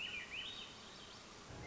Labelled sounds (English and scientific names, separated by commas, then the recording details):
Swainson's Thrush (Catharus ustulatus)
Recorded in Sonoma County, California